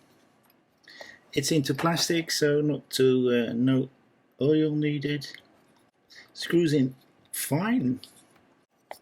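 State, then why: Seated. A small screw is driven with a screwdriver into a plastic part of a Porsche 917 KH die-cast car model kit, screwing into the kit chassis without oil since it goes into plastic. Someone talks throughout, and the part seats with a sharp little click at 8.9 s.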